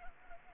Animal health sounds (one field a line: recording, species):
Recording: mosquito wingbeat signal from an infrared sensor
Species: Anopheles gambiae